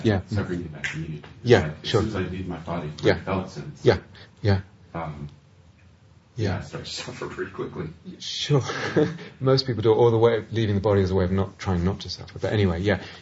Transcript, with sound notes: As soon as I leave my body, the felt sense, I started to suffer pretty quickly! [laughs]
Most people do it the other way, leaving the body as a way of trying not to suffer. But anyway, yeah.